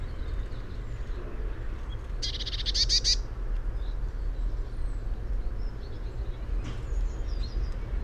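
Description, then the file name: Eurasian blue tit with one short, dry churring burst containing faint high ticks, over steady low-pitched rumble. "Cyanistes caeruleus"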